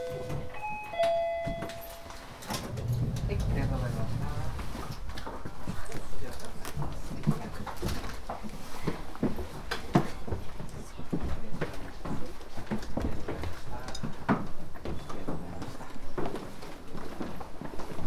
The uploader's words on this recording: Field recordings I made in Japan. Recordings made inside the remarkable Teshima Art Museum.